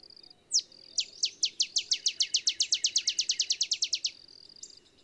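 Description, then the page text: Olive sparrow song: a single chip, then a long series of sharp downslurred notes that speeds up a little, with a thin high buzz behind. Male olive sparrow singing in early morning in Texas, 50 miles north of the Mexican border; simple songs reminiscent of a field sparrow's bouncing-ball song. "Olive sparrow. Recording early morning just 50 miles north of the Mexican border in Texas"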